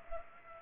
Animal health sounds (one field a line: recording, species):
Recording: mosquito wingbeat signal from an infrared sensor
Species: Culex pipiens